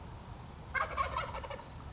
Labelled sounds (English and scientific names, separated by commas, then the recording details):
Wild Turkey (Meleagris gallopavo)
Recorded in Sonoma County, California